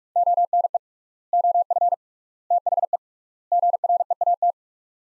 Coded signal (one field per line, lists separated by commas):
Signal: Morse code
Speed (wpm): 41 wpm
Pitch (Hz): 700 Hz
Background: none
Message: ONE OF THE GREAT